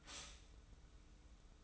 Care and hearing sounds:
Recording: daily activity, microphone in the room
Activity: stop toaster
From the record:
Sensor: 1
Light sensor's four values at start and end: 22/54/22/24 and 22/54/22/25

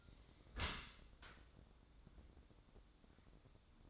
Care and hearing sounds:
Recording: daily activity, microphone in the room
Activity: close dishwasher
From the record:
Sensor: 3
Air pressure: 1012.3 hPa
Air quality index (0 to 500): 163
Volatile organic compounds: 2 ppm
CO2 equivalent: 1250 ppm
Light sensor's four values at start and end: 443/1087/445/435 and 437/1070/438/428

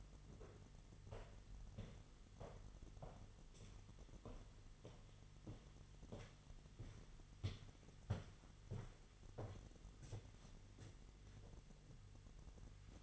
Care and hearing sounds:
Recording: daily activity, microphone in the room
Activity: walk to room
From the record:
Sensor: 4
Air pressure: 989.0 hPa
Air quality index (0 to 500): 202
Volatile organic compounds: 48 ppm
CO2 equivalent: 3271 ppm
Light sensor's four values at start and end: 29/99/37/39 and 29/98/36/38

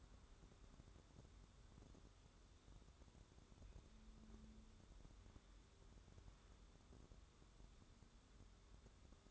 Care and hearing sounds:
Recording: daily activity, microphone in the room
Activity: wipe stove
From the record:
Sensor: 3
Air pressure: 1015.1 hPa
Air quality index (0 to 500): 79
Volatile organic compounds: 2 ppm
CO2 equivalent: 1070 ppm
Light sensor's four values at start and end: 15/39/15/16 and 15/39/15/16

